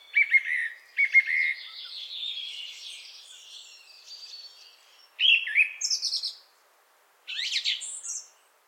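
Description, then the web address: Thrush song with varied phrases: clear whistled notes, then a long twittering, scratchy passage, followed by separate high whistles and chirps after pauses. "дрозд"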